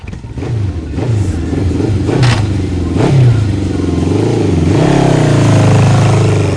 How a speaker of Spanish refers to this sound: Sonaba medio extraño, ¿no? La moto de agua esa. No, no es una moto de agua, es una moto común, amigo.